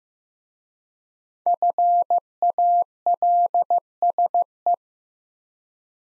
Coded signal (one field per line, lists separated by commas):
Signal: Morse code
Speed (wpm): 15 wpm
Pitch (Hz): 700 Hz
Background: none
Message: FALSE